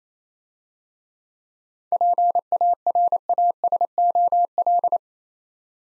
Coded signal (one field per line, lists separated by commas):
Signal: Morse code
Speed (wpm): 31 wpm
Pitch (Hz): 700 Hz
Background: none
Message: PARASOL